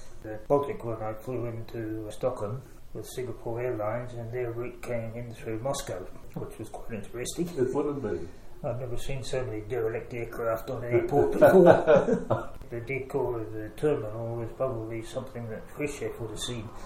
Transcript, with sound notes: The Baltic one I flew into Stockholm with Singapore Airlines, and their route came in through Moscow, which was quite interesting. I’ve never seen so many derelict aircraft on an airport before. [Laughter] The décor of the terminal was probably something which Kruschev would’ve seen.